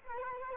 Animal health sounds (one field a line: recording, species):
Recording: mosquito wingbeat signal from an infrared sensor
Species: Culex quinquefasciatus